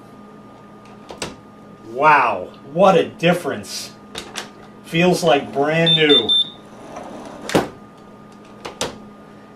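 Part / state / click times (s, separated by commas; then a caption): thumb lock lever on a sliding patio door lock / seated / 7.5 s, 8.8 s. Someone talks while flipping the lever of a newly installed Andersen thumb lock on a sliding glass patio door lock. Sharp clicks at 7.5 s and 8.8 s are the lever snapping firmly into its detent position, unlike the loose old thumb lock it replaced.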